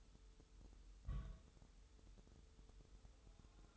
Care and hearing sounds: daily activity, microphone in the room; place on stove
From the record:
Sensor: 3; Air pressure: 988.2 hPa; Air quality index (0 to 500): 191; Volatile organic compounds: 265 ppm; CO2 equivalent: 4400 ppm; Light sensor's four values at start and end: 24/75/31/27 and 24/75/31/27

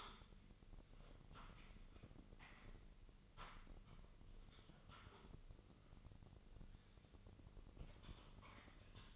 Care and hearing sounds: daily activity, microphone in the room; typing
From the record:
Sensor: 4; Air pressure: 1008.4 hPa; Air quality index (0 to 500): 82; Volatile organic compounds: 1 ppm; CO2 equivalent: 652 ppm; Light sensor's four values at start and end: 15/34/14/14 and 15/34/14/13

